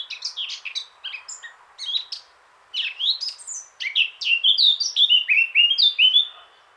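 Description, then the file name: Eurasian blackcap song, almost continuous quick warbling with one brief break, growing louder toward a run of clear, repeated whistled notes. "Sylvia atricapilla"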